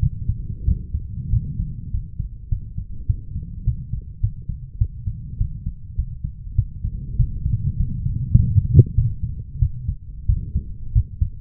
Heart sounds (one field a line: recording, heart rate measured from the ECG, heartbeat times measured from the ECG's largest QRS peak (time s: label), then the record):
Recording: heart sounds by stethoscope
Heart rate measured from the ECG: 99 bpm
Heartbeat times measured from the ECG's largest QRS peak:
0.00 s: heartbeat
0.65 s: heartbeat
1.30 s: heartbeat
1.91 s: heartbeat
2.49 s: heartbeat
3.07 s: heartbeat
3.65 s: heartbeat
4.21 s: heartbeat
4.79 s: heartbeat
5.38 s: heartbeat
5.96 s: heartbeat
6.56 s: heartbeat
7.17 s: heartbeat
7.77 s: heartbeat
8.37 s: heartbeat
8.95 s: heartbeat
9.59 s: heartbeat
10.27 s: heartbeat
10.93 s: heartbeat
From the record:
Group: healthy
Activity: rest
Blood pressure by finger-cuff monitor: 149/75 mmHg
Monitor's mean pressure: 98 mmHg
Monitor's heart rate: 100 bpm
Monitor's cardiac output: 9 L/min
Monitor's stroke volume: 88 mL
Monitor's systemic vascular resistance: 790 dyn s/cm5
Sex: female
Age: 24 years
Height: 163 cm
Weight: 55.7 kg